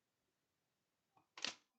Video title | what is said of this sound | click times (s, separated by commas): Construction F1 SF90 - épisode final | Non, elle était pas bien emboîtée. Ok. Donc là, elle est bien emboîtée. | 1.4 s